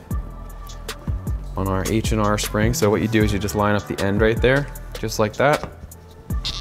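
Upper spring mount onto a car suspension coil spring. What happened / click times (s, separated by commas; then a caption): The spring mount is being positioned on the coil spring but has not snapped into place / none. The upper spring mount and isolator, taken off the old spring of a BMW G20 (M340i, 330, etc.), is lined up with the end coil of a new H&R lowering coil spring for reinstallation while someone talks. A few faint handling knocks are heard, but nothing has seated or clicked yet.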